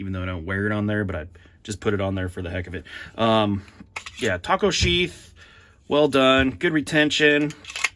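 Someone talks while handling a CIVIVI Stormridge fixed-blade knife and its molded taco-style sheath, which has a thinner tech-lock attachment swapped in for a bigger one. The knife is handled toward the sheath's retention, but nothing has seated or clicked into the sheath yet.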